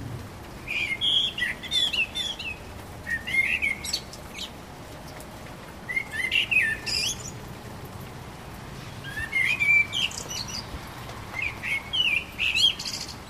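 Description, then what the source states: Common blackbird delivering varied fluted song phrases, each melodic warble followed by a squeaky high twitter, repeated every few seconds. Recorded 12 April 2010.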